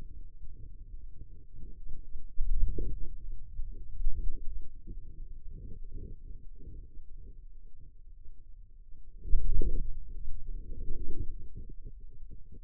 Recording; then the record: forearm muscle sounds (acoustic myography)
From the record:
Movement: hand closing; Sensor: system 2, bracelet of six BSWA MPA416 microphones around the upper forearm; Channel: 6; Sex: male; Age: 22 years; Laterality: right